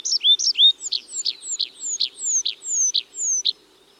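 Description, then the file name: Tree pipit song phrase: a couple of upslurred notes, then repeated high thin descending whistles alternating with lower chirps, before falling quiet. "Tree Pipit (Anthus trivialis)"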